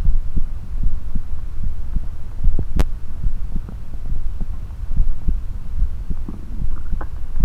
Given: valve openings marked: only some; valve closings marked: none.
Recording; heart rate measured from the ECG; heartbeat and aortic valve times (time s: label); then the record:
heart sounds by stethoscope; 73 bpm
0.08 s: heartbeat (ECG mark)
0.13 s: aortic valve opens (echo mark)
0.86 s: heartbeat (ECG mark)
1.66 s: heartbeat (ECG mark)
2.47 s: heartbeat (ECG mark)
3.26 s: heartbeat (ECG mark)
3.30 s: aortic valve opens (echo mark)
4.12 s: heartbeat (ECG mark)
5.00 s: heartbeat (ECG mark)
5.82 s: heartbeat (ECG mark)
5.86 s: aortic valve opens (echo mark)
6.64 s: heartbeat (ECG mark)
7.43 s: heartbeat (ECG mark)
From the record:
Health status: healthy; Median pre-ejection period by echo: 43 ms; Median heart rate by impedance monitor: 71 bpm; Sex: female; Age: 20 years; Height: 170 cm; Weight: 60 kg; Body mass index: 20.76